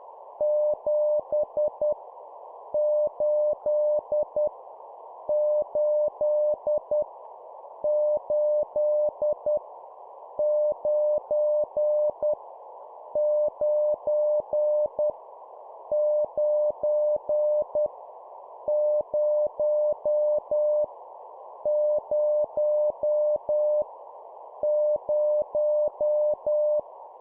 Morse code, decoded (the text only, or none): 7 8 8 8 9 9 9 0 0 0